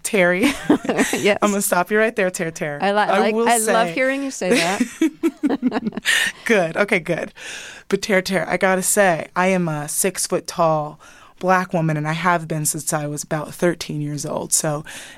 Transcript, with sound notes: Yes?
I'm going to stop you right there, Terr-Terr.
I like...
I will say...
I love hearing you say that.
(LAUGHTER)
Good. OK, good. But Terr-Terr, I got to say, I am a 6-foot-tall black woman. And I have been since I was about 13 years old.